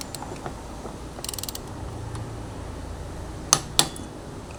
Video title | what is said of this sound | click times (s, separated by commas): LAKAS NG BAGONG CVT SETUP - Honda ADV 160 | So hintayin niyo lang guys yung click. | 3.5 s, 3.8 s